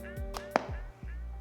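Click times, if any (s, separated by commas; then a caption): 0.6 s. A magnetic power bank is placed on the back of a Pixel 10 smartphone and pulled into place by its magnets, with a faint tap at 0.4 s and a sharp snap at 0.6 s over a steady tonal background. The pack seats firmly and starts charging the phone.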